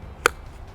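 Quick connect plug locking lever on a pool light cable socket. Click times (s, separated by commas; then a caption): 0.3 s. The locking lever on the quick connect plug of a Spa Electrics Retro R10 Series pool light cable socket is folded up after the plug is pushed into the socket. A single sharp click sounds at 0.3 s against a quiet background. The lever locks into place and the plug is seated.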